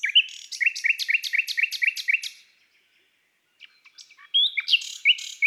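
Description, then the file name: Common nightingale song: a fast run of several identical sharp notes, then a short pause before a varied burst of whistles and rattled notes. From an album of bird songs of woods and forests. "Rossignol philomele Chants doiseaux des bois et des forets"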